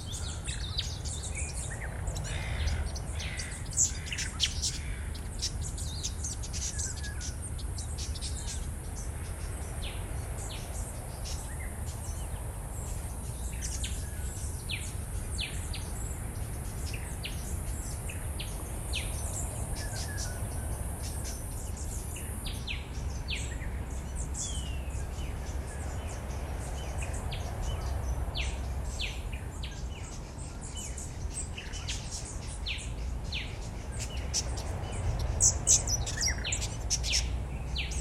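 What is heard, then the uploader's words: Birds call and chirp almost constantly in bushland, with many short, bright notes overlapping at different distances. A steady low rumble and a faint insect-like hiss sit underneath throughout, and the calls grow a little busier near the end. The sounds of birds and bushland.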